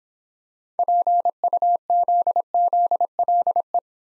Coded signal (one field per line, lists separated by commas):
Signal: Morse code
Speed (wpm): 26 wpm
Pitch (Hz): 700 Hz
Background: none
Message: PUZZLE